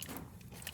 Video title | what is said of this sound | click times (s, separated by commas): Fox Body Mustang Fuel Injectors Replacement – Fix Power Loss & Rough Idle | You can hear them click. | 0.7 s